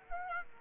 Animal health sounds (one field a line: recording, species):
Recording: mosquito wingbeat signal from an infrared sensor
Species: Aedes aegypti